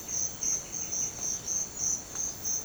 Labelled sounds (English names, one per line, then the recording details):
none
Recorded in secondary vegetation near Puerto Asís, Putumayo, Colombia, on 30 June 2025 at 06:00
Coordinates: 0.500, -76.326
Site GP08